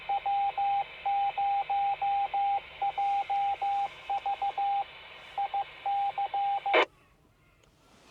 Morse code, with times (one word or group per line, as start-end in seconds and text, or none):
0.1-4.8 W0JV
5.4-6.8 IC